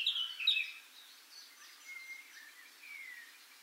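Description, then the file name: Eurasian blackcap: a few sharp, bright chirps and clicks at the start, followed by faint, thin whistled notes that slide downward over a quiet background. "Sylvia atricapilla"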